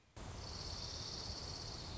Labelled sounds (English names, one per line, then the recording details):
Dark-eyed Junco
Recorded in Sonoma County, California